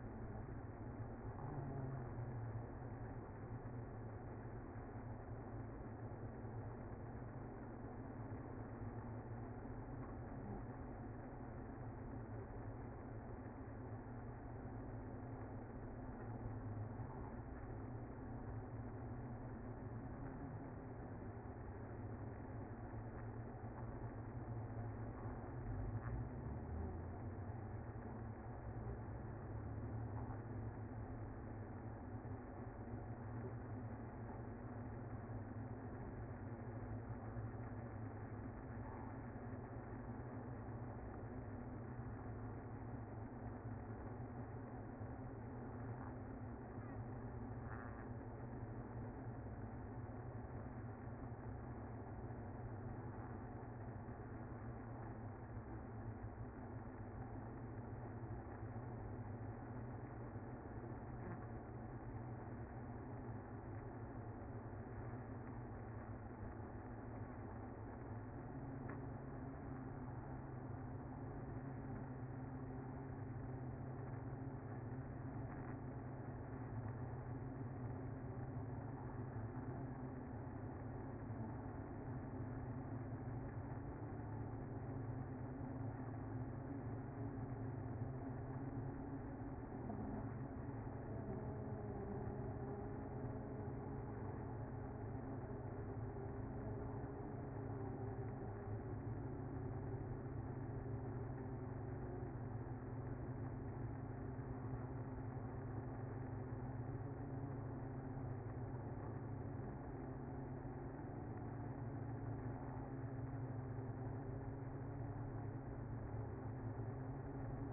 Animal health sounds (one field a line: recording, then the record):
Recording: honeybee colony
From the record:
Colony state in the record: active